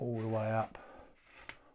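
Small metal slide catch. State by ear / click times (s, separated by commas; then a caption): seated / 1.5 s. Someone talks, then the measuring arm of an antique horse-measuring cane is slid all the way up with a soft scrape and a faint tap near 0.8 seconds. A sharp click at 1.5 seconds marks the internal catch locking the arm in position.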